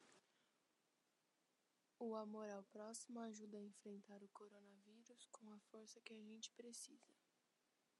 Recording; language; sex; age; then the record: spoken sentence; Brazilian Portuguese; female; 20 to 29 years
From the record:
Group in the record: control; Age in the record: 27 years